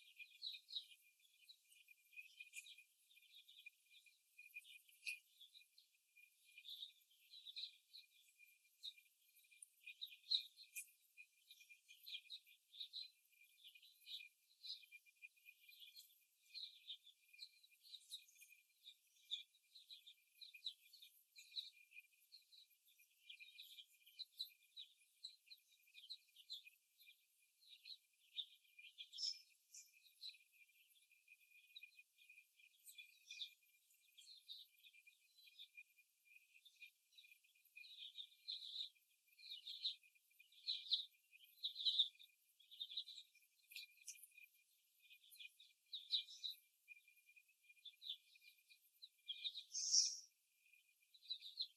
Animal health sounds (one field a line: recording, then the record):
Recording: young laying hens in a cage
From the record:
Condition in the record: before the stressor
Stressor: simulated dog barking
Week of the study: 1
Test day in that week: 2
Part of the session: 4